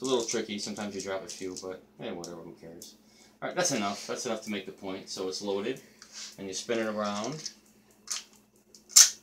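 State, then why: Seated. Someone talks while loading a pellet magazine for a Crosman pellet gun, then turns the loaded magazine into position in the air gun receiver. Brief handling noises follow, and a sharp click at 8.8 s marks the magazine seating into place.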